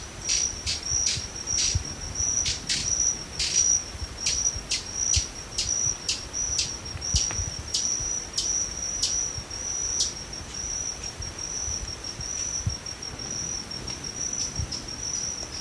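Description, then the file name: Speckled hummingbird giving a series of sharp high chip notes through the first eleven seconds, over a continuous thin high insect-like whine. "Adelomyia melanogenys - Speckled Hummingbird"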